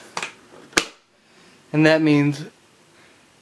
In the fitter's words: that thing popped up and it's not sealed however